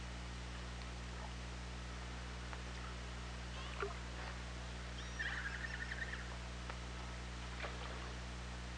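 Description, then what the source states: Killer whale call: one buzzy, harmonic burst of about a second, with sparse clicks before and after, set against a continuous low droning hum. Hydrophone at OrcaLab, 24 August 2017.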